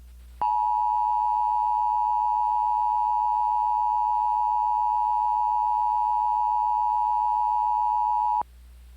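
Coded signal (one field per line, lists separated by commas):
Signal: Emergency Alert System (SAME) tones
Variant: 853 and 960 Hz attention tone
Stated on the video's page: Recreational mock EAS alerts.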